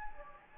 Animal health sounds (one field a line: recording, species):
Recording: mosquito wingbeat signal from an infrared sensor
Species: Anopheles gambiae